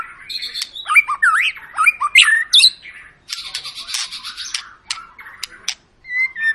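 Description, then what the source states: White-rumped shama song: twisting loud whistles, then a harsh buzzy chatter with sharp clicks, ending in a short clear whistle. Long 'pancingan' lure song of a vigorously singing ('gacor') bird, used to prompt other birds to sing.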